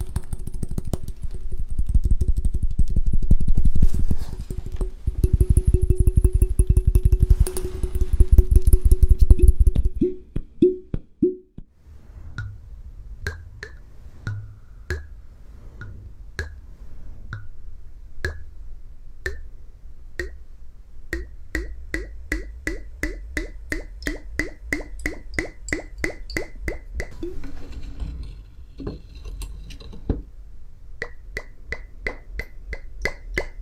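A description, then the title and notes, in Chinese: Lab glassware for an experiment: a loud steady low hum for ten seconds, then a long run of quick ringing glassy clinks and plops. 烧杯 试管 做个实验。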